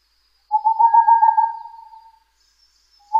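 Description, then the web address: Boreal Owl song: one rapid pulsed trill of soft hoots on a steady pitch, about one and a half seconds long, fading at the end; another trill begins at the end. "kinmefukuro"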